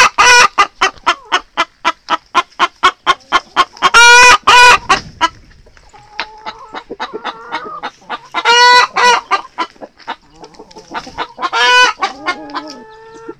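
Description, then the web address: Chicken clucking in a fast regular series about four per second, broken by loud harsh squawks, with softer drawn-out calls in the background. "aso-bit 2018 chicken"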